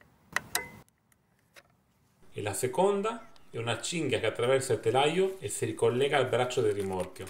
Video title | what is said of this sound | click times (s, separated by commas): Come realizzare un rimorchio per monopattino elettrico | rimorchio è collegato con un doppio sistema di sicurezza il primo che un chiodo passante che è fissato con un gancio fino allo scatto e | 0.4 s, 0.5 s